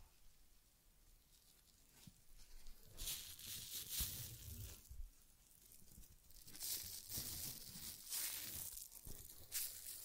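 Rubbing and combing sounds on a teddy bear's fur come in uneven bursts of soft crinkly rustling, building after a quiet start with brief pauses.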